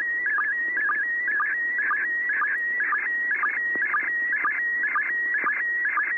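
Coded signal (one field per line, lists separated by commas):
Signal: SSTV (slow-scan television)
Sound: steady high whistle broken by regular warbling chirps about twice a second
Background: radio static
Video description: ISS Slow Scan Television Broadcast downlink 145.800 Mhz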